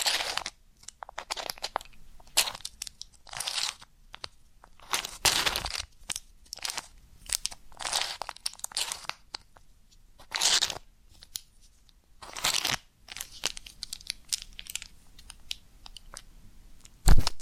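Deep ear canal and eardrum cleaning sounds: bursts of crisp crunching and scratchy crinkling, each lasting a fraction of a second to about a second, separated by near-silent gaps. The rustles are bright and hissy with little low end, with a sharper, louder burst at the very end.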